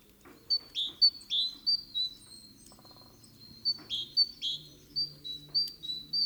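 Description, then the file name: Great tit giving rapid high chirps, clusters of sharp downward notes mixed with thinner even tones, repeated several times a second, with a faint low hum beneath. "Parus major"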